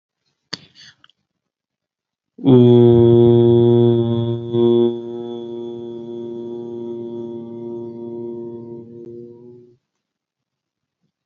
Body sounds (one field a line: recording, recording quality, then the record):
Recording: sustained vowel as in boot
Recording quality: moderate, slight background noise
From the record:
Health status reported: healthy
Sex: male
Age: 29 years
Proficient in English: yes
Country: United States